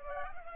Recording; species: mosquito wingbeat signal from an infrared sensor; Culex pipiens